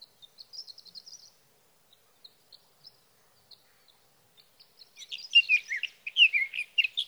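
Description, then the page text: Sage thrasher song beginning with faint, high, spaced chips and a brief trill, then breaking into loud, rapid warbling for the last two seconds. Male singing at night near his night roost, three nights from June 12 to June 15, 2018, Sierra Valley, California; captured on a Swift recorder. "61. Sage thrasher songs, through the night."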